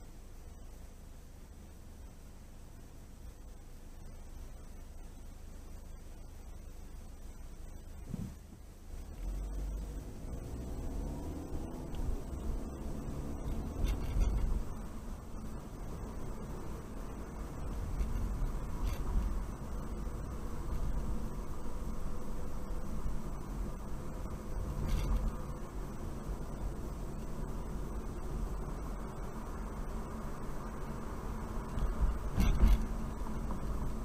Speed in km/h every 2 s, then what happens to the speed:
0, 0, 0, 0, 0, 15, 24, 29, 31, 32, 35, 35, 37, 39, 40, 44, 42.
0-9 standing. 9-30 pulls away to 44.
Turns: none.